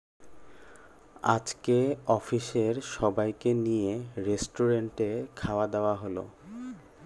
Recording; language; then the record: elicited speech; Bengali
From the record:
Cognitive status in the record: cognitively healthy